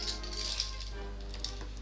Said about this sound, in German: Gib Acht, was fällt da? Die goldene Kette ist entzwei gesprungen. Sie hat lang genug gehalten.